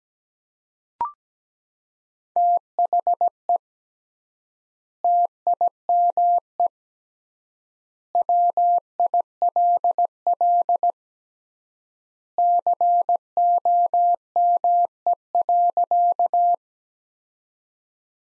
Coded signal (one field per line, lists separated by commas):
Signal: Morse code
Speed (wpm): 17 wpm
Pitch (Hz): 700 Hz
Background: none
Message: THE TIME WILL COME.